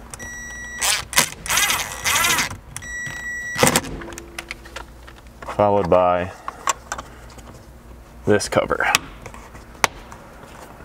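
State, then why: Seated. Someone talks while handling parts inside a Ranger during a roof rack install, with scattered clicks and taps. After a screw is reinstalled, a small plastic screw cover on the interior trim is pressed over it and snaps into place with a sharp click at 9.8 s, seating fully.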